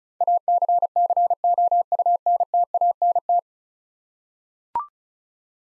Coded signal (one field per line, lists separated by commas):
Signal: Morse code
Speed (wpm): 36 wpm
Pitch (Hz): 700 Hz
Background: none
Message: ACCOUNTANT